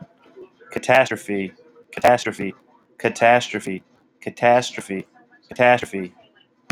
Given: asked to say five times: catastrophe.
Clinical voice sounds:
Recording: repeated word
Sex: male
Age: 30 to 39 years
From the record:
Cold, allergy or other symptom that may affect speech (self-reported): no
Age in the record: 32 years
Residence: Rhode Island, United States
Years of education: 16

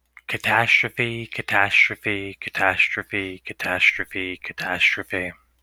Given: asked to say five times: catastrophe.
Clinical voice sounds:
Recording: repeated word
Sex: male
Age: 30 to 39 years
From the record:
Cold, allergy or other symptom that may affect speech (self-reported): no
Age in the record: 32 years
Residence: North Carolina, United States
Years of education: 16

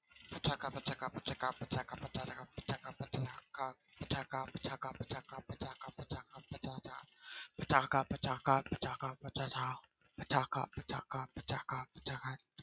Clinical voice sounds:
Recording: repeated syllables /pa ta ka/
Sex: male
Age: 20 to 29 years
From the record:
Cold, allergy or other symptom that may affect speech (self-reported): yes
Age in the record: 27 years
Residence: California, United States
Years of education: 17

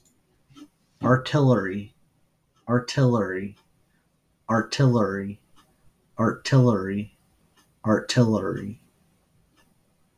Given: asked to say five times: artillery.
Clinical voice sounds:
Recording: repeated word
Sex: male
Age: 30 to 39 years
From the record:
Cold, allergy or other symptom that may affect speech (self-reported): no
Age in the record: 32 years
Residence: Missouri, United States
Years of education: 16

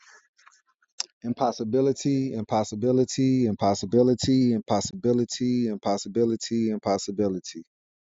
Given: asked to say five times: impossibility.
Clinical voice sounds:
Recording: repeated word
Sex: male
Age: 30 to 39 years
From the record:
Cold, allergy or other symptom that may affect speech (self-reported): no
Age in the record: 37 years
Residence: Missouri, United States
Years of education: 16

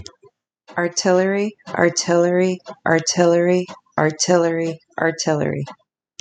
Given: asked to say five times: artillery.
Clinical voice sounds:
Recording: repeated word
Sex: female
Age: 30 to 39 years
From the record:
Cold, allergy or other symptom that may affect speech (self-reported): no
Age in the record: 31 years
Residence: Iowa, United States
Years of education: 13

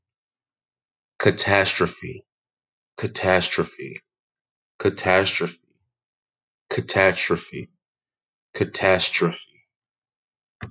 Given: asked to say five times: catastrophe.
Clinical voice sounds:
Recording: repeated word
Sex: male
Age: 20 to 29 years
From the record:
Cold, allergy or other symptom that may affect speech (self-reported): no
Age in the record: 21 years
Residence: Kansas, United States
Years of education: 14

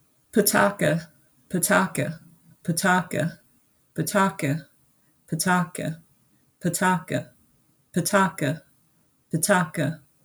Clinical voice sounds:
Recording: repeated syllables /pa ta ka/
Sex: female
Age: 50 to 59 years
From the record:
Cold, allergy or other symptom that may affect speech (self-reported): no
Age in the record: 56 years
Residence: Pennsylvania, United States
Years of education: 16

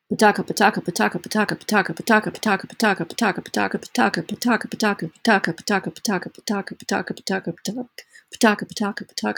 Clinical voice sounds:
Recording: repeated syllables /pa ta ka/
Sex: female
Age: 60 to 69 years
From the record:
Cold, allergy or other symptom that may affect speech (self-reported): no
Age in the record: 61 years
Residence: Maryland, United States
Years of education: 19

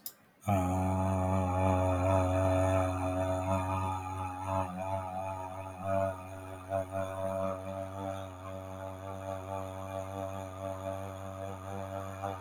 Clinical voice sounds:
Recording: vowel held as long as possible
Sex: male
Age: 30 to 39 years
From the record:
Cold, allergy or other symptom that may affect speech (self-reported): no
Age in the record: 33 years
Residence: North Carolina, United States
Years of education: 15

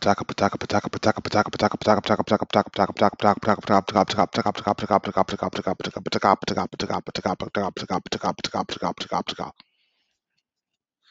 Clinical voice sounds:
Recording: repeated syllables /pa ta ka/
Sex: male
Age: 30 to 39 years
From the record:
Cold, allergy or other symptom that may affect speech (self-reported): no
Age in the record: 32 years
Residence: North Carolina, United States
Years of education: 12

